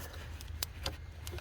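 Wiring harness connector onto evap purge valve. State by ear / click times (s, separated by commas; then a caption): seated / 0.6 s. On a 2016 Chevy Traverse, the wiring harness power connector is pushed back onto the new evap purge valve in the engine bay, which is being replaced to fix P0442 and P0496 error codes. It snaps into place with a sharp click at 0.6 s, with fainter ticks around it over a low steady rumble. The connector is seated.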